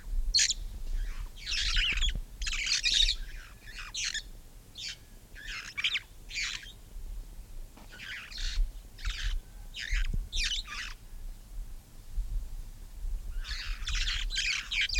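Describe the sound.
Red-fronted parrot giving harsh, raspy squawks in short bursts, some paired or clustered, with pauses between groups, over a low steady rumble.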